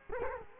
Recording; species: mosquito wingbeat signal from an infrared sensor; Culex quinquefasciatus